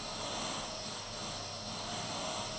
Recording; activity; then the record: daily activity, microphone in the room; vacuum cleaning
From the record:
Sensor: 4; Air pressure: 1011.1 hPa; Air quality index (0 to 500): 150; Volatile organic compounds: 3 ppm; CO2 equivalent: 1532 ppm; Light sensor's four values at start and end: 93/248/104/109 and 93/247/104/108